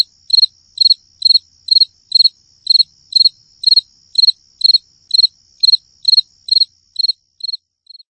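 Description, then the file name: Cricket chirping in steady, high-pitched pulsed bursts, roughly two per second, with a faint continuous hiss above and no other sounds. "grilo"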